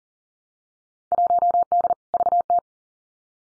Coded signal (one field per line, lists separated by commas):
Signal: Morse code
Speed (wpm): 37 wpm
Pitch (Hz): 700 Hz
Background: none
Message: 1D VT